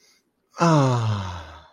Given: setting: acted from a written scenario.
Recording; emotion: vocal sound without words; contentment